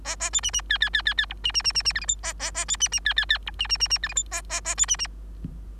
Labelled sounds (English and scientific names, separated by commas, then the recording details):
Bengalese Finch (Lonchura striata domestica) song
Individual Bird3